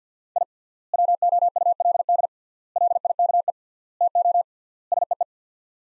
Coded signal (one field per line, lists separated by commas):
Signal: Morse code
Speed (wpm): 50 wpm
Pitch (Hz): 700 Hz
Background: none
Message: I WOULD LIKE TO SEE